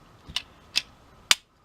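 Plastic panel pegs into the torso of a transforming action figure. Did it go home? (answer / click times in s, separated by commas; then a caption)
yes / 1.3 s. During the robot-mode transformation of a plastic Transformers Titans Return Deluxe Chromedome figure, with the arms pulled out first, a plastic panel's two small pegs are pushed into their sockets on the torso. Two lighter clicks come at about 0.4 s and 0.8 s, then a sharp, loud click at 1.3 s as the part seats. The panel is clipped in and won't move any more.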